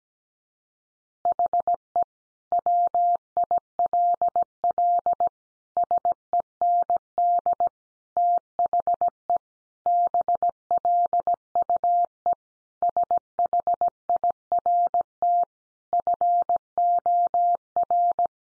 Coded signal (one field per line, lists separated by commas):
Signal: Morse code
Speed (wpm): 17 wpm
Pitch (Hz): 700 Hz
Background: none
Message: HE WILL SEND THE BLUE SHIRT FOR